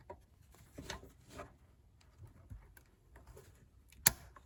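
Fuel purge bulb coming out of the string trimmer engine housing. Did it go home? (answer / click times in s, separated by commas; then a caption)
released / 4.1 s. A rubber/plastic fuel purge bulb is pulled out of the plastic engine housing of a Tanaka TBC-270PF string trimmer, its hoses only just long enough to let it come out. Faint rustling and handling noises lead up to a single sharp pop at 4.1 s as the bulb comes free of the housing.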